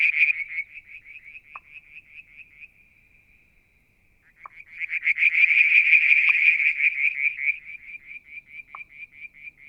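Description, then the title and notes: Frog: steady pulsed trills that thin out and fall nearly silent for a moment, then return as a loud, dense trilling burst with scattered click-like notes. Mount Wilson, New South Wales, Australia; July 2022; one evening near a water tank; striped marsh frog, Verreaux's tree frog and an unidentified frog calling. "Frog song, Mount Wilson, New South Wales, Australia in July 2022 – by Alexander Moffatt. Limnodynastes Peronii, Litoria Verreauxii and a mystery frog one evening near the water tank"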